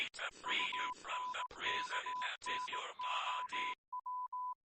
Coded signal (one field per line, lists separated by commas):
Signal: Morse code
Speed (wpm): 18 wpm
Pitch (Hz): 1000 Hz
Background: none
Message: UNKNOW